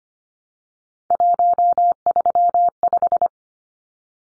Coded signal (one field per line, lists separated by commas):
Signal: Morse code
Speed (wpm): 25 wpm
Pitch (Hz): 700 Hz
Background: none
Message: 135